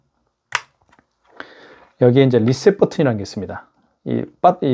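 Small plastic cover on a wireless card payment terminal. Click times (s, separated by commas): 0.6 s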